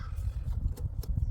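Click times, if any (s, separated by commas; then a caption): none. The third fuel line quick-connect fitting is pushed onto the fuel filter housing over a steady low rumble, giving only weak, brief taps around 0.8, 1.0 and 1.2 s. The connector has not fully seated or clicked yet, so it needs pushing again with more pressure.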